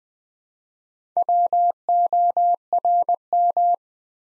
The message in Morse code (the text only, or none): WORM